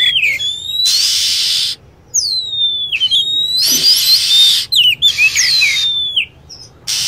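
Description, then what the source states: Lovebird chirping calls: sharp descending whistled chirps alternating with long bursts of loud steady hiss. Lure sound for attracting lovebirds.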